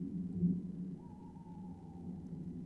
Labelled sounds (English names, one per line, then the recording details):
Tawny Owl
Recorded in Germany
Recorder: ecoPi